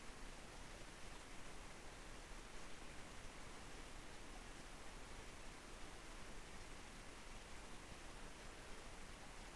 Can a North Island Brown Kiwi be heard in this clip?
no